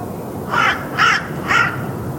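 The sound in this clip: Bird calling three hoarse caws in quick, even succession.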